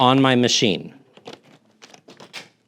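Someone talks while a removable plastic part is being pushed back onto the body of a Riccar R70 MultiClean Smart Mop & Vacuum, a cordless mop-vacuum. Short, faint handling sounds follow at about 1.3, 1.8, 1.9 and 2.2 seconds. The clip ends before the part goes home, so nothing has seated or clicked yet.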